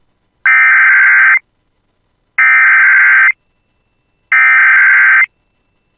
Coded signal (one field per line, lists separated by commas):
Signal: Emergency Alert System (SAME) tones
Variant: header bursts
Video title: [EAS] Tornado Warning for Central Cass County [6/16/25]